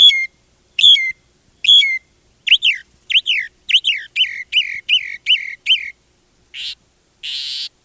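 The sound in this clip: Mockingbird song of varied whistled phrases: repeated downslurred notes, then quick V-shaped figures and shorter downslurred notes, ending with two harsh raspy notes.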